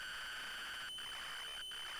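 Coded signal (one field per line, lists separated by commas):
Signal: ZX Spectrum tape loading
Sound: harsh buzzing data screech with two brief dropouts, over a steady high whine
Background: steady high whine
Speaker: I think this is going to load now, by the way,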